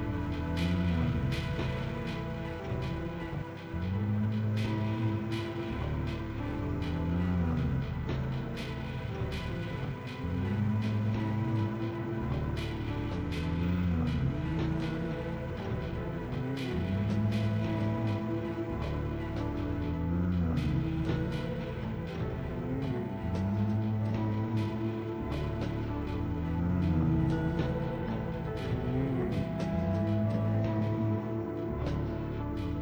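A band's soundcheck before an afternoon concert: sustained tones hold steady throughout while a low, bouncing bass figure repeats every few seconds. Sharp, bright clicks and taps land irregularly on top, and the overall level stays even.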